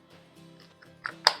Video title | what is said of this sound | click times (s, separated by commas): ✨GoPro Hero 13 Black – Unboxing, Setup & Vlog Review 📦📸 - இந்த ₹40,000 Action Camera Worth-ஆ | press பண்ணிங்கன்னா lock ஆகிடும். அவ்வளோதான். | 1.3 s